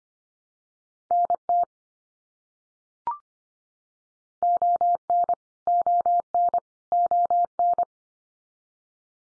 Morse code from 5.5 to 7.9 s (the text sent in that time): ON ON